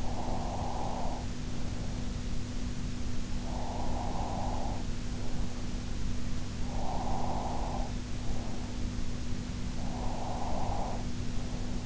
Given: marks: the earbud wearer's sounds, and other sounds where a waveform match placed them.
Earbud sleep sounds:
sounds in sleep by an in-ear microphone; breath
0.00-2.10 s: breath
3.42-5.80 s: breath
6.64-8.88 s: breath
9.72-11.86 s: breath

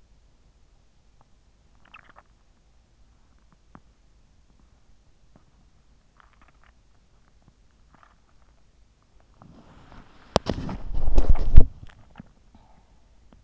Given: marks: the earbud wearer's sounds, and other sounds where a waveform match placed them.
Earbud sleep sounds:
sounds in sleep by an in-ear microphone; swallowing, body movement
0.00-3.61 s: swallowing
5.62-9.03 s: swallowing
9.03-13.44 s: body movement

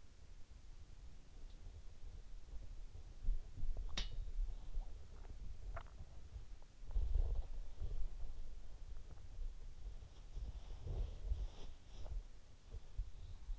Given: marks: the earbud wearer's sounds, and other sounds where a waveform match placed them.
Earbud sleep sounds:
sounds in sleep by an in-ear microphone; body movement
0.00-13.59 s: body movement

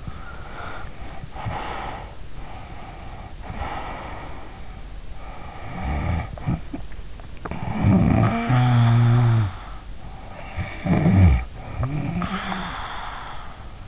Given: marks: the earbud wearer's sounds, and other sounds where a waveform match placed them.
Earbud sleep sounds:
sounds in sleep by an in-ear microphone; breath, snoring breath
0.00-2.23 s: breath
2.34-5.02 s: breath
5.15-9.88 s: snoring breath
10.00-13.88 s: snoring breath

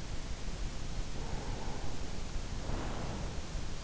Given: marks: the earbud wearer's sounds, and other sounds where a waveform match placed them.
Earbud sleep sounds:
sounds in sleep by an in-ear microphone; breath
0.69-3.49 s: breath

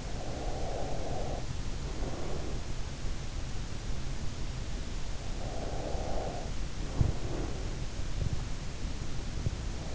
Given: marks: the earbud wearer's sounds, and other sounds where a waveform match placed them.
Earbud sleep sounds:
sounds in sleep by an in-ear microphone; breath
0.00-2.84 s: breath
5.55-7.75 s: breath

